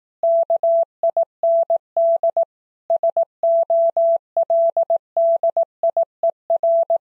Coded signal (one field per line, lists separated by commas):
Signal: Morse code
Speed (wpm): 18 wpm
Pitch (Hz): 670 Hz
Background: none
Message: KIND SOLDIER